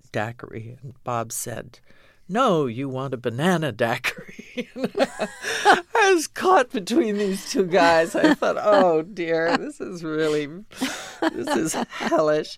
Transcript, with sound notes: And Bob said no, you want a banana daiquiri.
(LAUGHTER)
And I was caught between these two guys. I thought, oh dear, this is really - this is hellish.